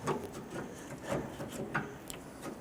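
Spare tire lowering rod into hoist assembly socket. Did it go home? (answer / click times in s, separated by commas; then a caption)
no / none. A metal spare tire lowering rod sits down inside the tube of a 2005-2021 Nissan Frontier and is turned gently left and right to line it up with the hoist assembly socket. Only rubbing, scraping and light knocks are heard, with sharper taps near 1.8 and 2.1 seconds. Nothing has seated or clicked yet.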